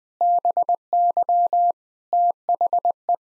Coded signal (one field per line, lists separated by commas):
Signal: Morse code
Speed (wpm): 20 wpm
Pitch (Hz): 700 Hz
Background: none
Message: BY THE